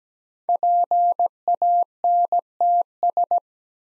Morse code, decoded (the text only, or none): PANTS